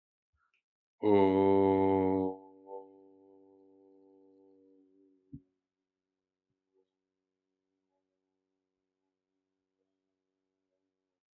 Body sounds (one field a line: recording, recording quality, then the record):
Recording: sustained vowel as in boot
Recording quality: excellent, no background noise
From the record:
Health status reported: healthy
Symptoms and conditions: hypertension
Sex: male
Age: 50 years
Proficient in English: yes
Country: India